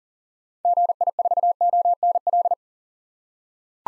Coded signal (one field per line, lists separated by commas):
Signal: Morse code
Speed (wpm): 40 wpm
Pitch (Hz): 700 Hz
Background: none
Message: GI4ONL